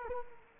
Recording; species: mosquito wingbeat signal from an infrared sensor; Culex quinquefasciatus